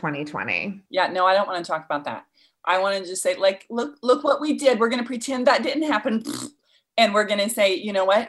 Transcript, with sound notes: Yeah—no, I don’t want to talk about that. I wanted to say like, look, Look what we did. We’re going to pretend that didn’t happen. *raspberry* And we’re going to say—You know what?